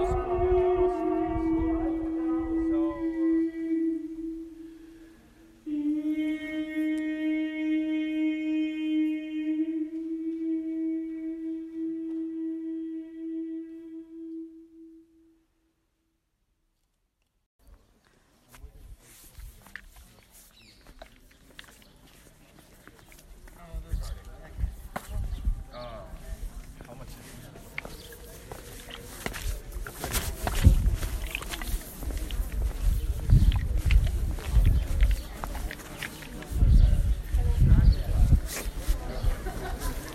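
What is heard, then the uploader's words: A guide sings in a cistern for the first fifteen seconds: two long, sustained phrases of a single voice, holding steady notes that ring on in the echoing space. After a brief silence comes shuffling, footsteps and low bumps, growing louder and busier toward the end. One of our tour guides singing in a cistern at Masada.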